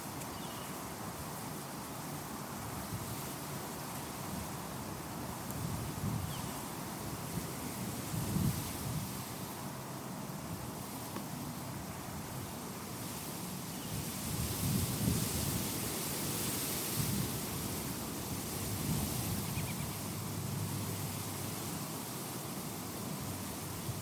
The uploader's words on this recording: Grass Fields. Binaural, Ambisonic, and Surround Sound.